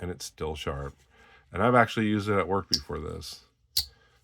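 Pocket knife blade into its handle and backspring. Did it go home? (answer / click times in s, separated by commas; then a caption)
yes / 3.8 s. Someone talks while the steel blade of a slip-joint folding pocket knife is worked against its backspring. At 3.8 s the blade snaps into its detent position in the handle with a sharp click, seating it.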